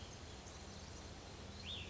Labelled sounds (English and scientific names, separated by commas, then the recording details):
Cassin's Vireo (Vireo cassinii)
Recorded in Sonoma County, California